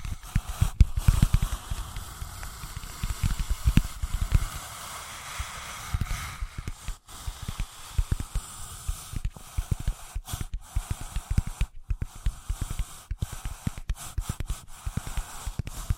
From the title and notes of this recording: ASMR Magic Trigger Potion Shop Invisible Tapping, Scratching, Tracing (No Talking).